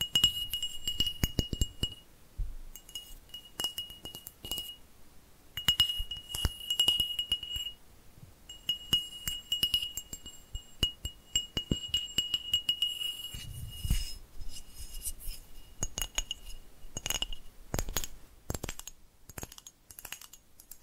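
Quick tapping triggers in a steady stream of light, glassy clicks and clinks. A thin, high ringing tone sounds through most of the clip with short gaps, and a few softer low thumps come in around two and fourteen seconds.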